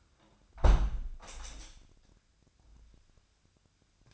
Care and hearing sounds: daily activity, microphone in the room; close window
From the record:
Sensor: 2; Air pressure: 997.8 hPa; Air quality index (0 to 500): 147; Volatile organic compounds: 4 ppm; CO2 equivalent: 1664 ppm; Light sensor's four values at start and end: 11/32/13/12 and 11/32/13/12

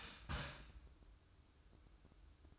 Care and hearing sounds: daily activity, microphone in the room; start toaster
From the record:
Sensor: 2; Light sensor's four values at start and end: 6/14/6/6 and 6/14/6/6

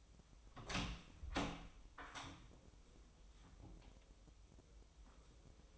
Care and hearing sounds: daily activity, microphone in the room; open door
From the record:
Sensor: 1

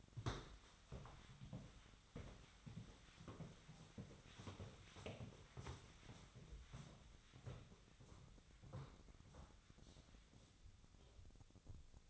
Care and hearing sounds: daily activity, microphone in the room; walk to room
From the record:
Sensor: 3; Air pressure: 1010.2 hPa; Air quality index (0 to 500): 178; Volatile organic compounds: 11 ppm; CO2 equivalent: 2315 ppm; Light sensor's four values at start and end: 40/98/42/46 and 39/97/42/45

